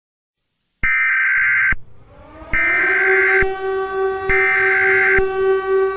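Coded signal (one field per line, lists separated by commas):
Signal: Emergency Alert System (SAME) tones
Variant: header bursts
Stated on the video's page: Fictional Easter emergency alert scenario.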